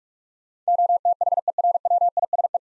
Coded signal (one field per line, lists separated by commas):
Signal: Morse code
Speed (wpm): 44 wpm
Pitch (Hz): 700 Hz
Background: none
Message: OTHERWISE